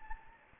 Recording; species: mosquito wingbeat signal from an infrared sensor; Anopheles gambiae